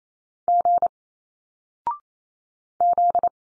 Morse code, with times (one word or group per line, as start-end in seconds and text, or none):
0.5-0.9 G
2.8-3.3 Z